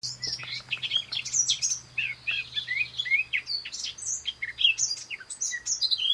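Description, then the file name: Eurasian blackcap song: busy high warbling with quick slurred and fluty notes tumbling continuously, plus a faint low hum underneath. "Sylvia atricapilla"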